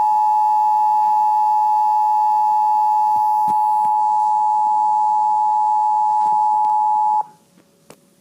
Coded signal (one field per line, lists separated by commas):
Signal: Emergency Alert System (SAME) tones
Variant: 853 and 960 Hz attention tone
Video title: Tom & Jerry Gets Interrupted By EAS Tornado Warning